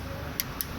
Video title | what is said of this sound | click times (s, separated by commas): aracını tamir ederken sahibine Bilgi veriyorum‼️ | etti mi kalsın Çıt etti mi kalsın Heh lokum lokum | 0.4 s, 0.6 s